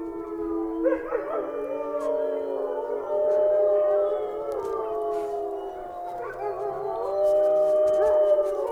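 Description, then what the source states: Wolf: several wolves howl at once, long steady tones overlapping, with a few short sliding notes between the drawn-out howls. Several wolves howling together, described as howling at the moon.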